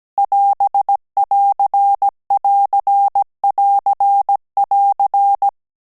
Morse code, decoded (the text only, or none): <AS><AR><AR><AR><AR>